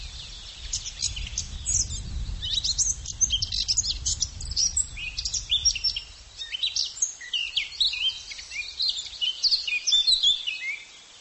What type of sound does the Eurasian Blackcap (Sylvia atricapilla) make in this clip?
song